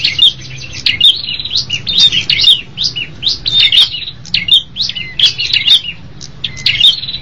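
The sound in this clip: Bird song of bright, high chirps and sharp whistled notes in quick phrases, over a low steady hum.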